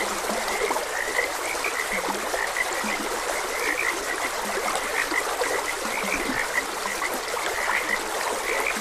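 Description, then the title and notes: Frogs croak in a thick, continuous chorus with a few lower notes among the higher calls, over steady running water. Frogs croaking beside a gentle stream, presented as calming nature ambience for rest and sleep. "Frogs Croaking. Sleep and Relaxation Podcast"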